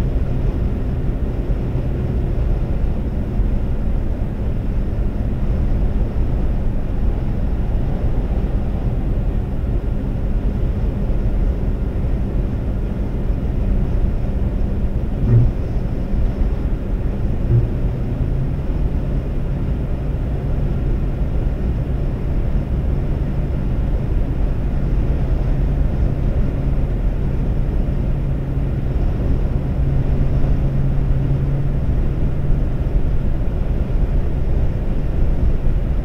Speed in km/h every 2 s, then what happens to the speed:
140, 140, 140, 138, 138, 138, 138, 138, 138, 137, 138, 138, 138, 138, 138, 137, 137, 137.
0-36 steady at about 138.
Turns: none.